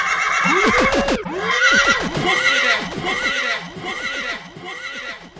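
horse neighing sound effect

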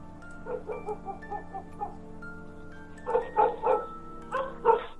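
dogs barking loudly

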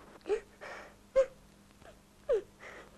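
woman crying

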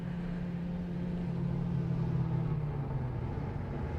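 car approaching

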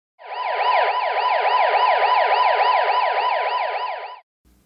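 police car siren

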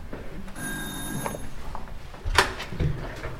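apartment doorbell ringing

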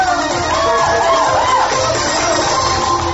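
audience applause

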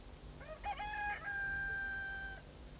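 chickens

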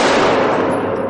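gunshot sound effect

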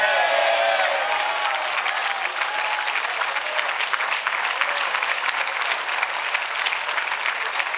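audience applause

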